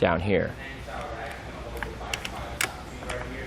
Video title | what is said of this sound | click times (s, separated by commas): etrailer - How to Install the Bestop Trektop NX Glide Soft Top for Jeep on a 2014 Jeep Wrangler | it did just snap into place and | 2.6 s